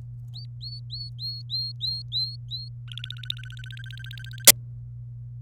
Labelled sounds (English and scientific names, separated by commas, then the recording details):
Domestic Canary (Serinus canaria) song
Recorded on 26 April 2018 at 16:19
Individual llb3